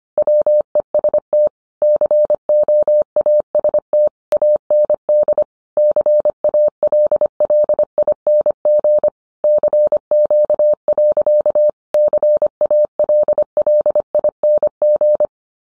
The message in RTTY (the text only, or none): none